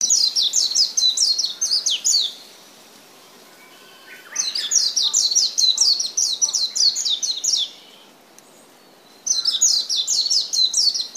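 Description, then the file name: Warbling white-eye song, high twittering chirps run together in fast bursts of a few seconds, separated by short pauses. "meziro"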